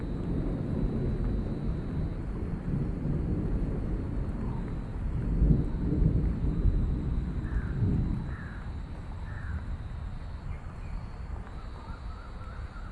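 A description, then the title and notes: A thunderstorm rolls on with a deep, steady rumble and a soft wash of rain. Around the middle the rumble swells into a heavier roll of thunder, then eases and thins out. A few faint bird calls, crow-like, come through near the end. Cozy Room Overlooking Backyard Thunderstorm.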